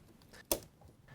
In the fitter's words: Be sure to push firmly so they latch completely.